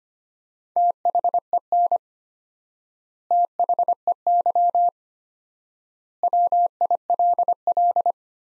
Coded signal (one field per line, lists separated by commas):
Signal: Morse code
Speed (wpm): 25 wpm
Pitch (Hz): 700 Hz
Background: none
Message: THEN THEY WILL